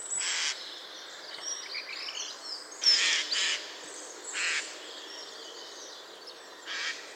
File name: Garrulus glandarius